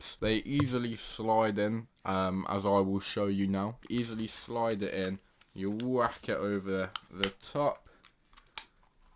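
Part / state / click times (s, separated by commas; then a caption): extended grip onto a VR controller / seated / 8.6 s. Someone talks while sliding a G4 Max extended plastic controller grip onto a Quest 3 VR controller and pushing it over the top ring. A faint tap comes at 8.1 s, then a sharp click at 8.6 s as the grip snaps into place, seated.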